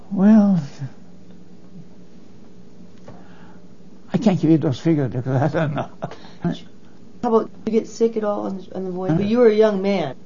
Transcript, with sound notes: Well, I can't give you those figure because I don't know (laughs)
How 'bout, did you get sick at all on sh—on the voyage? Well you were a young man,